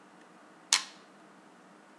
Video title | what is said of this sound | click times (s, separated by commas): Lego Semi-Auto Mechanism | and then once that snapping noise if you hear that slapping noise that means it's locked | 0.7 s